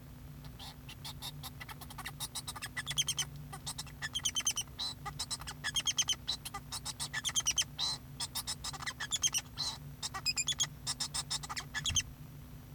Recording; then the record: song of a male Bengalese finch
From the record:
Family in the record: son of father 2